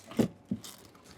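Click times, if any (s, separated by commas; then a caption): none. A small Lego-like plastic clip, with a bag wrapped around it, is handled at its inset under the bag in a Joolca portable van toilet. A rustling, crinkly thump peaks around 0.2 s, a shorter knock follows at 0.5 s, and soft crinkling continues to the end. Nothing has clicked or seated yet.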